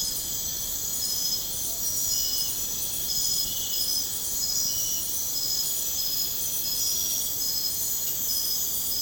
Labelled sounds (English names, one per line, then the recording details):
none
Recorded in pastures near Puerto Asís, Putumayo, Colombia, on 29 June 2025 at 03:30
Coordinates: 0.496, -76.326
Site GP01